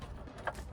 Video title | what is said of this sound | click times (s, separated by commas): INSTALLING NEW TAIL LIGHTS ON THE 4RUNNER! - How-To install video | So you plug it in, push it till it clicks. | 0.5 s